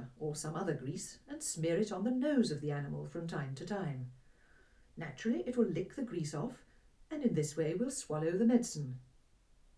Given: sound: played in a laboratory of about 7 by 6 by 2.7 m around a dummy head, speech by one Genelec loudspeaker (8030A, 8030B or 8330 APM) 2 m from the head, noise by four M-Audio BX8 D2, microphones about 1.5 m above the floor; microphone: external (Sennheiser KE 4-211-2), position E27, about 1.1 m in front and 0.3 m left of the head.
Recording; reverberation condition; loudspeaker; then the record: female speech in English; low; 120 degrees to the left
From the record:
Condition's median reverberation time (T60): about 310 ms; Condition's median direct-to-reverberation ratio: about 3.5 dB